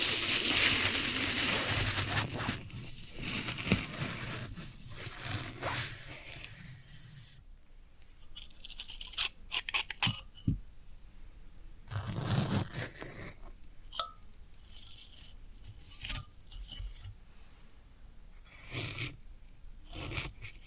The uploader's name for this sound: Floral Foam Sounds